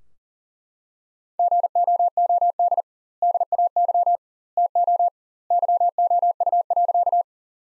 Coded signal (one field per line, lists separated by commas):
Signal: Morse code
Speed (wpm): 40 wpm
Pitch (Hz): 700 Hz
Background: none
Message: GOOD DAY TO YOU.